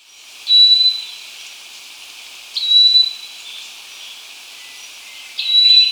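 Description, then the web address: Chestnut-breasted chlorophonia call: a clear, level whistled note repeated three times over a steady background hiss. Recorded in Ecuador. "Natures Songs S America Birds of Ecuador. Chestnut-Breasted Chlorophonia"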